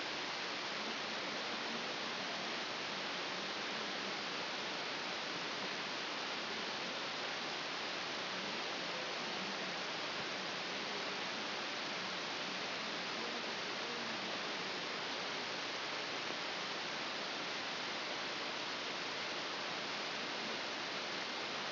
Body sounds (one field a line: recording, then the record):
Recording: brain microelectrode recording played as sound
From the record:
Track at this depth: outside the subthalamic nucleus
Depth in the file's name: 8.004 mm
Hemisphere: left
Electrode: 2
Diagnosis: Parkinson's disease